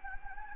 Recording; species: mosquito wingbeat signal from an infrared sensor; Anopheles gambiae